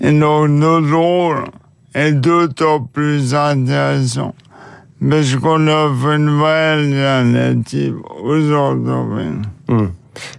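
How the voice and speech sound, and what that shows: Adult man speaks French with slurred, blurred consonants, narrow pitch and a flat voice: dysarthria from ALS (Charcot disease), which progressively paralyses him and affects his speech while his thinking is intact.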